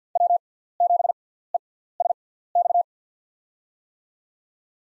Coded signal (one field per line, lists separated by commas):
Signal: Morse code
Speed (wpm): 50 wpm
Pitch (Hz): 700 Hz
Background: none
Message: W7ESX